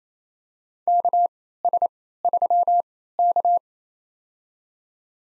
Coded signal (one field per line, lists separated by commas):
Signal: Morse code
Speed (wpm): 27 wpm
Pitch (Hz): 700 Hz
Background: none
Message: KS3K